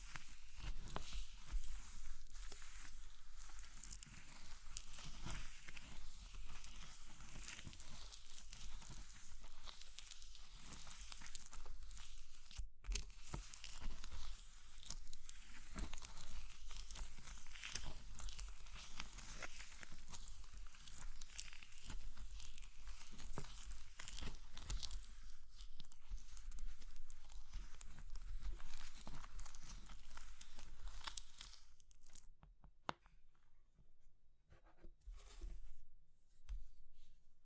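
Brittle crushing and crumbling, like soap, chalk or meringue being broken, runs almost without pause as a dense stream of fine, bright crackles. A brief silent gap falls near 13 seconds. After about 32 seconds the sound thins to sparse, quieter crunches and snaps.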